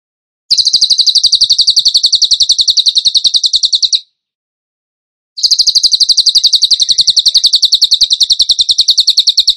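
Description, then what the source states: Bird song: two long, rapid streams of piercing high chirps, each several seconds long, with a brief silent break between them. Masteran (training song for songbirds), tembakan gacor song style.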